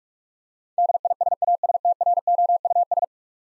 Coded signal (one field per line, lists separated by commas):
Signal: Morse code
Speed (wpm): 44 wpm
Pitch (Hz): 700 Hz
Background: none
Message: DISASTROUS